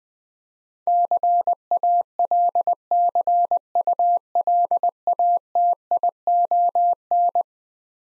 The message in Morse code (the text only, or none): CALCULATION